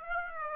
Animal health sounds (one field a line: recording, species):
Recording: mosquito wingbeat signal from an infrared sensor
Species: Aedes aegypti